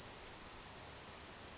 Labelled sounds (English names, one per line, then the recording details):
California Towhee
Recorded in Sonoma County, California